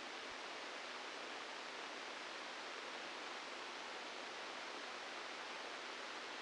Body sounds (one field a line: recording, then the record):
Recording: brain microelectrode recording played as sound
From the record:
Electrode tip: inside the subthalamic nucleus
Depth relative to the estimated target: 2 mm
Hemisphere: left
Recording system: NeuroSet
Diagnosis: Parkinson's disease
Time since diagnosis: 12 years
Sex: male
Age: 61 years